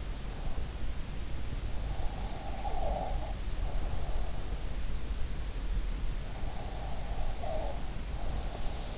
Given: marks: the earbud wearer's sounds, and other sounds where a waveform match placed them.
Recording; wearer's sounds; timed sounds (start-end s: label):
sounds in sleep by an in-ear microphone; breath
2.17-4.28 s: breath
6.70-8.98 s: breath